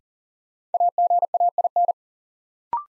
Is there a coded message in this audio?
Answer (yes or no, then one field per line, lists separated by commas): yes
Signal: Morse code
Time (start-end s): 0.7-1.9 s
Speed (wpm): 40 wpm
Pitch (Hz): 700 Hz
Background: none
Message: AGAIN